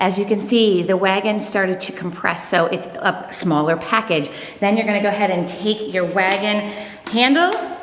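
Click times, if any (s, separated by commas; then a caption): none. A woman talks while handling the metal pull handle of a BOB Renegade Wagon, whose frame has been compressed by folding into a smaller package, before lowering it onto the folded frame where it locks. No mechanical hits are heard over the speech. Nothing has seated or clicked yet.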